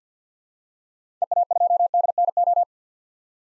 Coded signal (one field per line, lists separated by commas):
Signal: Morse code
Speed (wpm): 50 wpm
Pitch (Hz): 700 Hz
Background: none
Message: EA2DNO